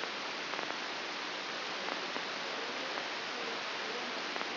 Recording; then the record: brain microelectrode recording played as sound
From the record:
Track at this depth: outside the subthalamic nucleus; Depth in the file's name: 7.06 mm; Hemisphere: left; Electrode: 2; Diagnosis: Parkinson's disease